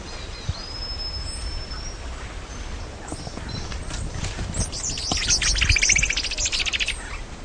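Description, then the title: Tepui brush finch song: a thin high whistle early on, then a loud, rapid, buzzy chatter of tightly packed notes near the end, over a steady low rumble. "LuckyPassaro Completos2Sama. Tepui Brush Finch (Atlapetes personatus)"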